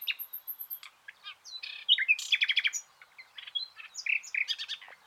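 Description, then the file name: Common nightingale song of varied chirps and a loud run of rapid repeated notes, opened by a series of very high thin notes, with scattered chattering afterward. "Luscinia megarhynchos"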